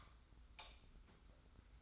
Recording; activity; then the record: daily activity, microphone in the room; light off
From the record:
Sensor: 3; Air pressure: 991.0 hPa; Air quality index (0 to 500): 115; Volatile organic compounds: 71 ppm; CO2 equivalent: 3523 ppm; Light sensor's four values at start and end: 39/95/38/35 and 36/86/35/32